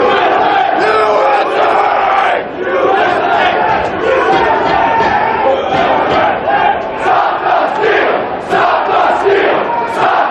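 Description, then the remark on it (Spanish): A crowd of hundreds of Donald Trump supporters storming the United States Capitol in Washington in January 2021 shouts "stop the steal" in a dense, continuous roar, individual voices rising and falling over a loud wall of yelling that barely lets up for the whole stretch. “Al grito de paren el robo, cientos de manifestantes partidarios de Donald Trump asaltaban anoche el Capitolio de los Estados Unidos mientras se celebraba la sesión en la que los nuevos congresistas y también los senadores debían confirmar a Joe Biden”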